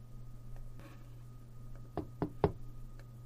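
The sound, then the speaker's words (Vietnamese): Three sharp knocks on a door in quick succession, the last one loudest, over a low steady hum with faint softer taps just before. “Có lẽ là thần giao cách cảm, Diệp Viễn vừa nghĩ đến nhị tử, thì tiếng gõ cửa của Diệp Viễn đã liền vang lên.”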